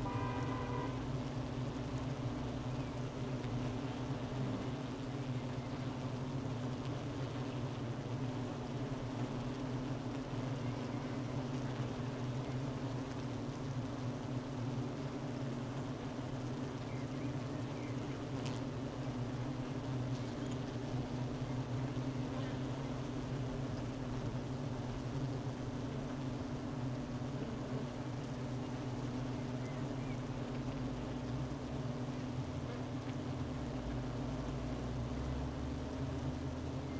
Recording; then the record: honeybee colony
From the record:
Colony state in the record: missing queen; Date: 31 May 2018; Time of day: 12:39